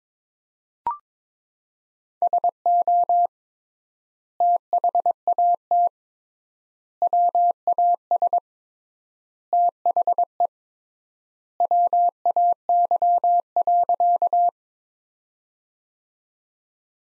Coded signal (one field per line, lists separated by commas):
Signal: Morse code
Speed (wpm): 22 wpm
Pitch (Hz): 700 Hz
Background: none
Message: SO THAT WAS THE WAY.